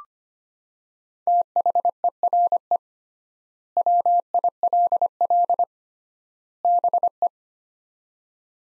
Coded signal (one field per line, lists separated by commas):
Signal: Morse code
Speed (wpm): 25 wpm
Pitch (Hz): 700 Hz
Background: none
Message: THERE WILL BE